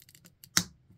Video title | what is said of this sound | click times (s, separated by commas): King Prime vs. Kingdom commander class Rodimus Prime one flaming hot figure!!! | and it will make a giant satisfying snap | 0.6 s